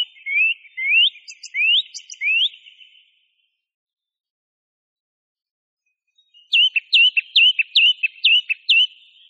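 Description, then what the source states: Song thrush song: a bright rising whistled note repeated four times, then after a pause a quick sharp phrase repeated about seven times in a row. Masteran recording, a tutor track used for training songbirds.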